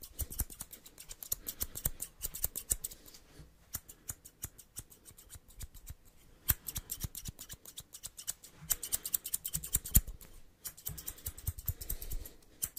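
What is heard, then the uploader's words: Barbershop scissors snip in quick, irregular bursts, each cut a sharp, bright click. The cutting runs almost without pause, with brief lulls around four and ten seconds. Barbershop Sounds.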